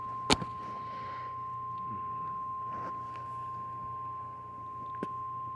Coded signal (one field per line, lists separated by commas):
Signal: Emergency Alert System (SAME) tones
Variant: 1050 Hz attention tone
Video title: Multiple Storms:Part 3|EAS 1282-1316|EAS Alerts from June 26th-27th 2024